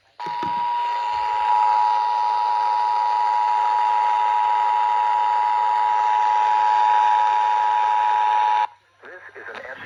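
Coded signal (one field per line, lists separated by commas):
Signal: Emergency Alert System (SAME) tones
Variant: 853 and 960 Hz attention tone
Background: speech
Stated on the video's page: Tsunami communications drill and weekly tests.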